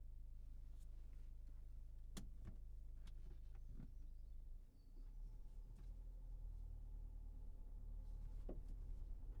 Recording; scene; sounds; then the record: everyday scene through a hearing-aid microphone; in a vehicle; engine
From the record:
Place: Berlingo II, diesel engine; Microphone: behind the ear, right, front